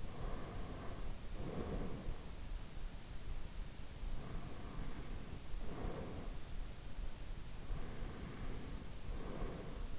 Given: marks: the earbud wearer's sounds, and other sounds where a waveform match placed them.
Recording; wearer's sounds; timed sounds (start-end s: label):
sounds in sleep by an in-ear microphone; breath, snoring breath
0.00-2.31 s: breath
4.15-6.47 s: snoring breath
7.65-9.98 s: breath